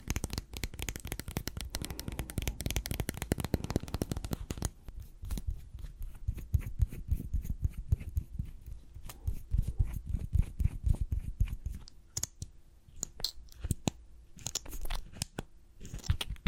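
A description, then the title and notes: Sticky lip gloss sounds: a dense run of wet clicks and smacks for the first four or five seconds, then sparser, softer crackles. Sharper, brighter snaps return near the end. Lip Gloss Sounds.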